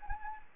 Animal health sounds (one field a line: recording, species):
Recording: mosquito wingbeat signal from an infrared sensor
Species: Anopheles gambiae